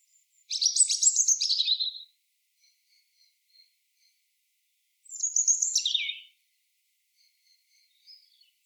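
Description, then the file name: European robin singing two high, sparkling phrases about three seconds apart, each a quick jumble of thin notes dropping in pitch toward the end. "Erithacus rubecula"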